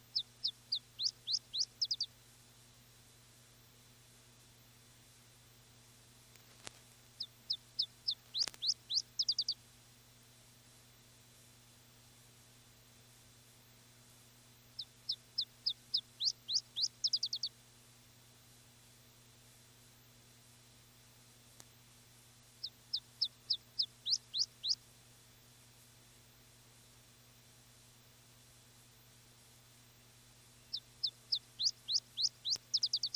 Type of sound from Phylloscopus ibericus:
song